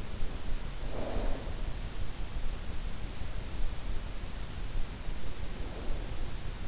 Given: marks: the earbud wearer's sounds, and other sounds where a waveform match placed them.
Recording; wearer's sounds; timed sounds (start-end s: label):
sounds in sleep by an in-ear microphone; snoring breath
0.74-1.48 s: snoring breath
5.74-6.68 s: snoring breath